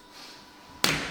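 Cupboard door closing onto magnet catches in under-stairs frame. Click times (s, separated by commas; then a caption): 0.8 s. An under-stairs cupboard door on five soft-close hinges is pushed shut against its frame. After quiet low noise, a sharp click and thud at 0.8 s is followed by a brief broadband tail. The door clicks into place and is held shut by its magnet catches.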